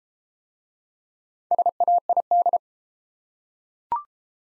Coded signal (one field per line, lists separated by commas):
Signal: Morse code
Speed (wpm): 28 wpm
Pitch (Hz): 700 Hz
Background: none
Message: SAID